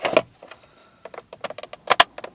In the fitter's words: snaps into place,